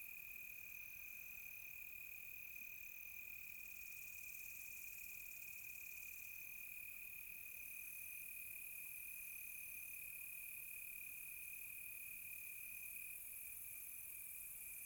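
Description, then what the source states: Continuous cricket chorus: a steady high trill held without pause, with fainter, higher pulsed chirping layered over it. Quiet tropical night; crickets close.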